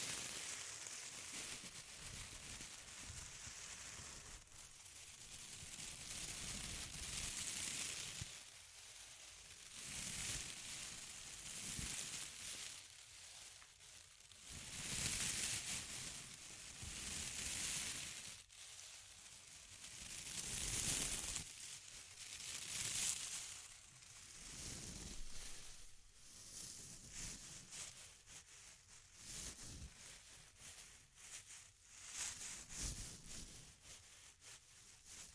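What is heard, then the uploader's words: Intense close-up crinkling, dense crackly rustles that swell and fade in waves every few seconds, loudest around 15, 20 and 23 seconds. The sound is bright and hissy, with brief quieter gaps between bursts and occasional low thumps underneath. ASMR Intense Close-Up Crinkles (No Talking).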